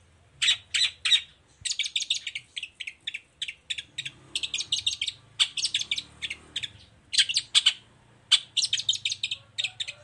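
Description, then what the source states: Long-tailed shrike song: fast, jumbled sequence of bright chirps and twittering notes in bursts, over a faint low background hum. Chatty singing long-tailed shrike in the morning, the song's varied 'toet toet' notes used as a lure to provoke other long-tailed shrikes to answer and sing.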